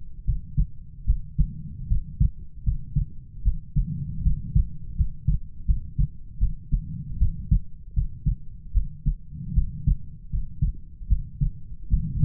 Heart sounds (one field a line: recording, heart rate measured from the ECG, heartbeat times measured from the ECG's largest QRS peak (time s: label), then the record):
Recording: heart sounds by stethoscope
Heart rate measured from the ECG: 77 bpm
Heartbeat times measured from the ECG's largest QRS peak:
0.25 s: heartbeat
1.05 s: heartbeat
1.88 s: heartbeat
2.64 s: heartbeat
3.43 s: heartbeat
4.23 s: heartbeat
4.96 s: heartbeat
5.66 s: heartbeat
6.39 s: heartbeat
7.18 s: heartbeat
7.94 s: heartbeat
8.72 s: heartbeat
9.54 s: heartbeat
10.30 s: heartbeat
11.08 s: heartbeat
11.89 s: heartbeat
From the record:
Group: healthy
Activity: rest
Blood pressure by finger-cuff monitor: 99/54 mmHg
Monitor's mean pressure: 70 mmHg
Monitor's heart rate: 77 bpm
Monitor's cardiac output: 7.8 L/min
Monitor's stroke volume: 100 mL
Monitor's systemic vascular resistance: 640 dyn s/cm5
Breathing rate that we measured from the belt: 23 breaths a minute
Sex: female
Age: 19 years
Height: 163 cm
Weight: 48.9 kg